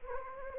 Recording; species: mosquito wingbeat signal from an infrared sensor; Anopheles gambiae